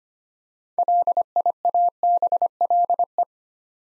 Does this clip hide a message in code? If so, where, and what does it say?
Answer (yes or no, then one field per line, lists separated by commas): yes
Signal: Morse code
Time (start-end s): 0.8-3.2 s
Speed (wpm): 25 wpm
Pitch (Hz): 700 Hz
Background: none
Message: LIABLE